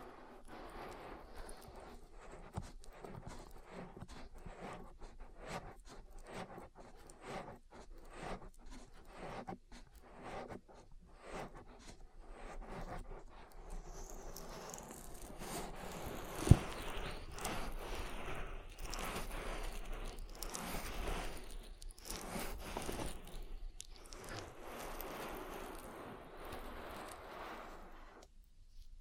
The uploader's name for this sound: ASMR Oil Ear Massage